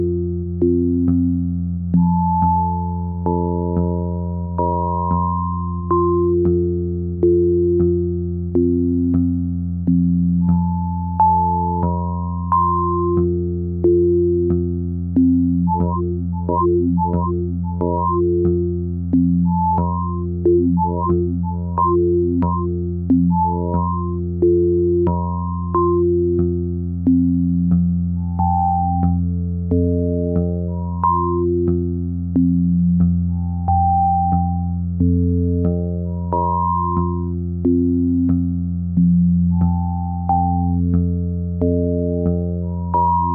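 Vactrol drone tones: a steady low hum under bright, pitched notes that step up and down, with quick repeated pulses around the middle.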